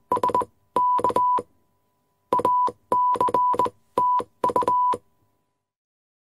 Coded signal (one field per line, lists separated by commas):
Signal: Morse code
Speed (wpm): 20 wpm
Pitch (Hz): 990 Hz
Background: none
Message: SK ACTU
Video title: Telegraph War Room Ambience ASMR Typewriter - Morse Code Sound Effect Copyright Free